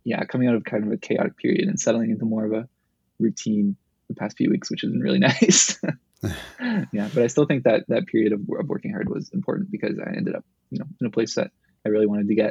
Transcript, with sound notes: coming out of kind of a chaotic period and settling into more of a routine the past few weeks, which isn't really nice. (laugh) Yeah, but I still think that, that period of working hard was important, because I ended up, you know, in a place that I really wanted to get.